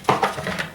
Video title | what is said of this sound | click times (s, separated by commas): Ingersoll Rand SK34C86 - Mega Impact Socket Set | they do click right in place | 0.1 s, 0.6 s